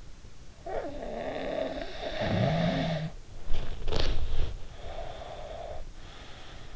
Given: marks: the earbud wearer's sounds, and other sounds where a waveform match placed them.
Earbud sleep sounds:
sounds in sleep by an in-ear microphone; snoring breath, body movement, breath
0.72-3.16 s: snoring breath
3.40-5.43 s: body movement
4.72-6.76 s: breath

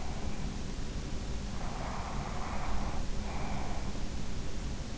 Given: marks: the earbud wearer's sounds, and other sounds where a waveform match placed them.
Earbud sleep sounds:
sounds in sleep by an in-ear microphone; breath
1.56-4.18 s: breath

